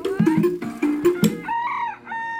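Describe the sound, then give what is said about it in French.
An old rooster with a curled comb, standing in front of a farmyard, gives a rapid run of loud, throaty clucks, then breaks into a short, rising-and-falling crow with a bright, nasal tone, no voices present. “Un après-midi, alors que mon attention était attirée par un coq immobile devant la basse-cour, grand-père est venu discrètement derrière moi pour me prévenir.”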